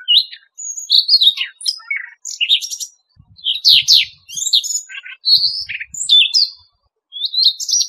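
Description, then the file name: Siberian rubythroat singing a rich, rapid jumble of whistled and chattering phrases, bright high notes crowding together with brief gaps between bursts and a few faint low knocks. "Tieng chim oanh co do"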